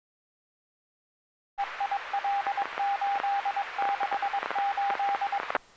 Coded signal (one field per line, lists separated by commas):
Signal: Morse code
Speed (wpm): 22 wpm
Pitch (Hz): 800 Hz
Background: radio noise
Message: EIL868